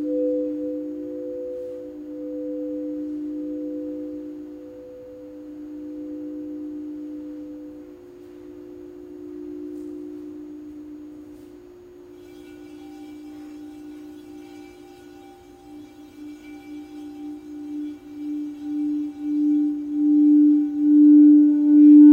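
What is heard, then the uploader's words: Sound bath tones ring steadily through the whole clip, a pure singing-bowl or tuning-fork hum with two close low pitches that beat and pulse in slow waves. Around twelve seconds higher overtones join, and the ringing swells louder toward the end. This is a LIVE 60 minute Sound Bath recorded at Common Bond Yoga in Springfield, OR.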